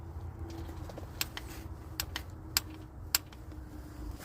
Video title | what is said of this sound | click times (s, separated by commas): How to Change water pump on 2019 Ram 1500 Classic | When it gets to the right tightness, it should do it. Should you should hear this clicking sound. | 2.6 s, 3.2 s